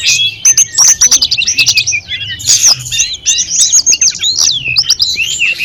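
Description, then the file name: Sunda robins singing together, a dense overlapping jumble of high whistles, trills and sharp chirps, with clicking notes between phrases. Five birds singing together. "audio-gathering-5-ekor-tledekan"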